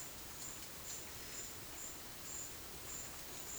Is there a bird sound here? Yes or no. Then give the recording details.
no. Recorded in dense forest near Puerto Asís, Putumayo, Colombia, on 18 February 2024 at 12:30. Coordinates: 0.505, -76.324. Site G6467